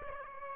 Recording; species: mosquito wingbeat signal from an infrared sensor; Aedes aegypti